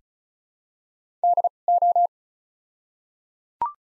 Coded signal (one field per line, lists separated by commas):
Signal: Morse code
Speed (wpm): 36 wpm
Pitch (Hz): 700 Hz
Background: none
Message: D O